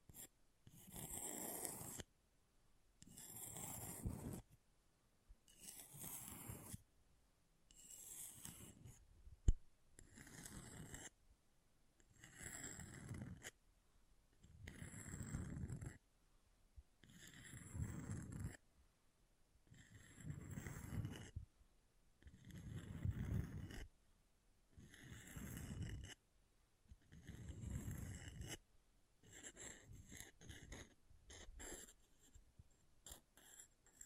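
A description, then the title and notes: An object is scratched in regular, rasping strokes, each lasting about a second and a half, followed by a short pause, repeating steadily about every two to three seconds for the whole clip. The strokes are rough and full, strongest in the low end, with brief quiet gaps between them. ASMR Brain Melting Object Scratching (No Talking).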